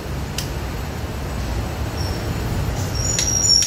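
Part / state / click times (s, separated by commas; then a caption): torque wrench on oil drain bolt / torque reached / 0.4 s. A click-type torque wrench set to 22 ft-lb tightens the oil drain bolt on a motorcycle, giving a short, sharp click at 0.4 s over a steady low rumble. The wrench has clicked at its setting, confirming the bolt is torqued.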